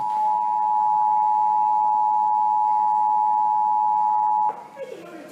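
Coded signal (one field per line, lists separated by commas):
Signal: Emergency Alert System (SAME) tones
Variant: 853 and 960 Hz attention tone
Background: speech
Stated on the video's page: 2018 national EAS and WEA test, toned as a National Periodic Test, heard on WLTW-FM, NJTV and a phone.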